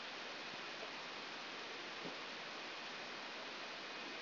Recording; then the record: brain microelectrode recording played as sound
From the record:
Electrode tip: outside the subthalamic nucleus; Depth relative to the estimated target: -8 mm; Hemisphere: right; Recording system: AlphaMap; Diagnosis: Parkinson's disease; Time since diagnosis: 12 years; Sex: female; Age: 47 years